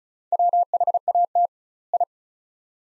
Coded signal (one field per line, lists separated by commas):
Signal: Morse code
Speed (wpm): 36 wpm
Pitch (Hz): 700 Hz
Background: none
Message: WHAT I